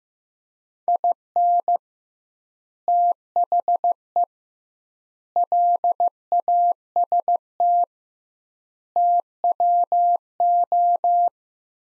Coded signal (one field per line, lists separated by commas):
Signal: Morse code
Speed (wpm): 15 wpm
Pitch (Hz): 700 Hz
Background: none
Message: IN THE LAST TWO